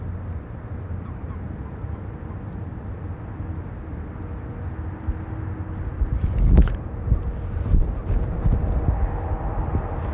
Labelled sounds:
Common Frog (Rana temporaria) call

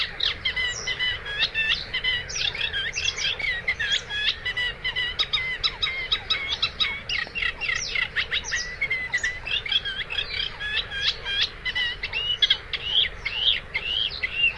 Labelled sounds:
Eurasian Reed Warbler (Acrocephalus scirpaceus) song

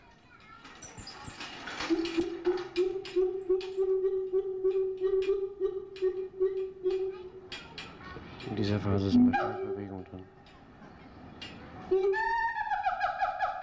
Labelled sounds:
Siamang (Symphalangus syndactylus)

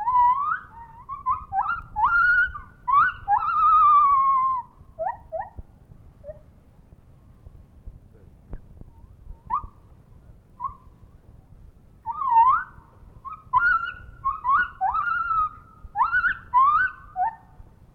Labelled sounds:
Lar Gibbon (Hylobates lar)

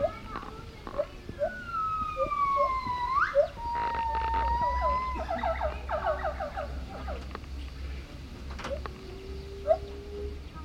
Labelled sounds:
Lar Gibbon (Hylobates lar)

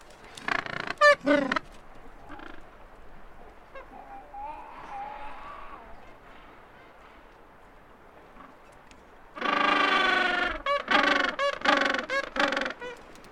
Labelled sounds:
Gentoo Penguin (Pygoscelis papua) call

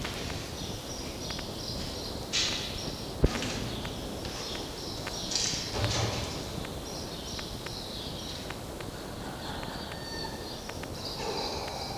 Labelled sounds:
Red Fox (Vulpes vulpes)

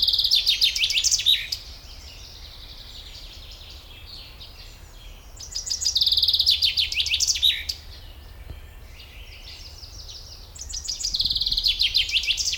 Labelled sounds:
Common Chaffinch (Fringilla coelebs) song

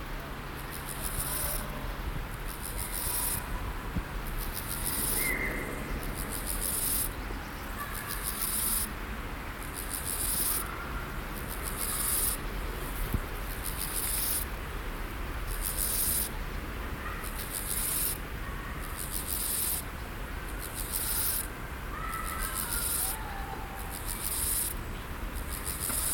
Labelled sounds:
Steppe Grasshopper (Chorthippus dorsatus) stridulation

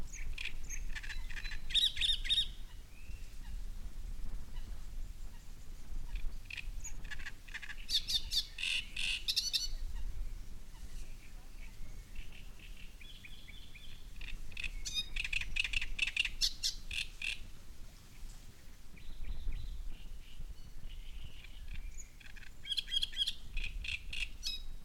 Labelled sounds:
Great Reed Warbler (Acrocephalus arundinaceus)

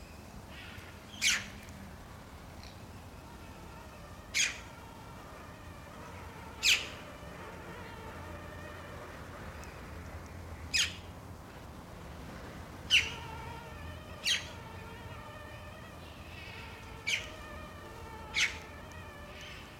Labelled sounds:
Red-billed Chough (Pyrrhocorax pyrrhocorax)

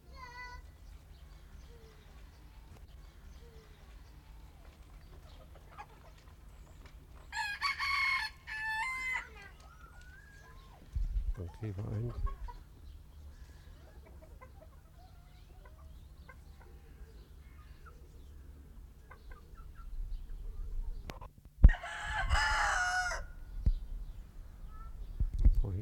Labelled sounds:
Red Junglefowl (Gallus gallus)

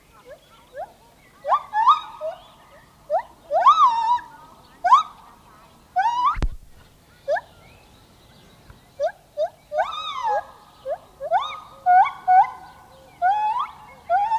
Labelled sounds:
Lar Gibbon (Hylobates lar) song

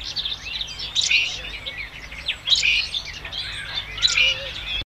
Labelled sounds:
Great Grey Shrike (Lanius excubitor) call

